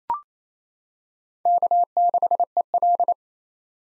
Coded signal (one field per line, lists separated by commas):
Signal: Morse code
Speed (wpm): 28 wpm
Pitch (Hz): 700 Hz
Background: none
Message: K6EL